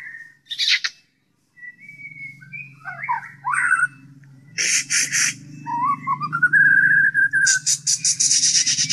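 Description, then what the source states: White-rumped shama song of whistled slurs and harsh noisy bursts, with a rising whistled trill near the end, over a steady low droning hum. Shama song imitating canary and kingfisher (tengkek) phrases, the 'tembakan' style.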